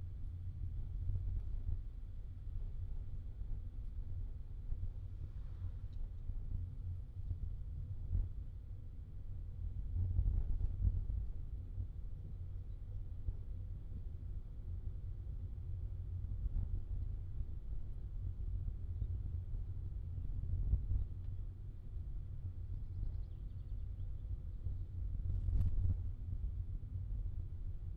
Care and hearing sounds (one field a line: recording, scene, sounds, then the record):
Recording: everyday scene through a hearing-aid microphone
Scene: in a vehicle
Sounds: engine, rumble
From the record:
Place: Skoda Fabia, gasoline engine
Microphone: in the ear canal, left